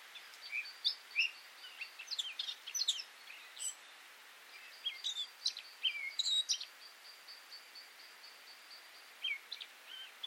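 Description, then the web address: Eurasian blackcap song: bursts of quick, varied warbling and scratchy notes with clear whistled elements, delivered in phrases of a few seconds separated by short pauses. "cianscape birddata Deverinetal 2025"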